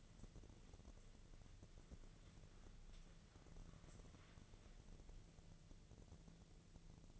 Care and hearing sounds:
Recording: daily activity, microphone in the room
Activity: wipe stove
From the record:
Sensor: 4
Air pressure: 1001.3 hPa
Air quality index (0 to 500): 185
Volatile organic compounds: 3 ppm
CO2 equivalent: 1322 ppm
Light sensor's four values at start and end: 13/29/12/12 and 13/29/12/12

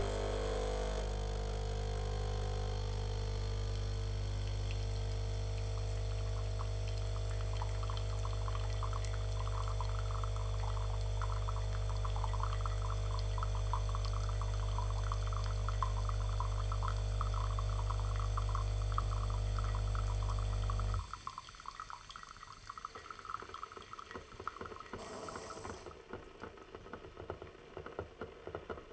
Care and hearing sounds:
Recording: daily activity, microphone in the room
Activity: make coffee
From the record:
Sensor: 4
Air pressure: 1005.1 hPa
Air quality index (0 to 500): 184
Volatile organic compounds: 5 ppm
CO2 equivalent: 1805 ppm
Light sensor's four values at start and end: 17/51/19/19 and 19/60/23/22

